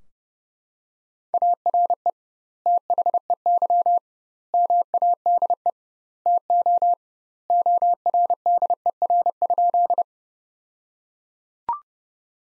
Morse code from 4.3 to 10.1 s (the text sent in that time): MADE TO ORDER?